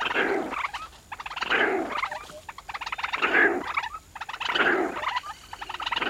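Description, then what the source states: Hippopotamus grunting and snorting: rough, pulsed, honking bursts come in several bouts with short quiet gaps between them. Kenya, Africa atmosphere recording; hippo grunting and snorting.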